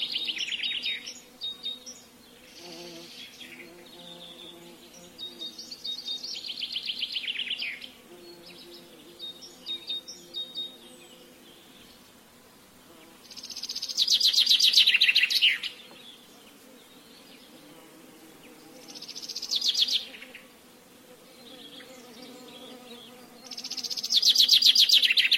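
Birds sing in bright, trilling bursts every few seconds, loudest near fifteen and twenty-five seconds, over a low, steady hum of buzzing bees.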